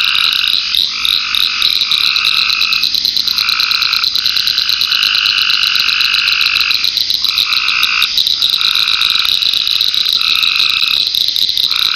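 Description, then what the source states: Frog chorus: many buzzy trills, some short and some long, with brief gaps between them, over a steady high insect drone and rapid ticking. Frogs in ponds near a pond in a forest wildlife management area, with crickets and cicadas.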